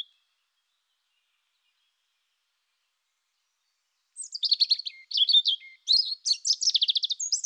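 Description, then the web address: European robin delivering a long, high, fluting and trilled phrase after several seconds of silence. "annee nature rougegorge"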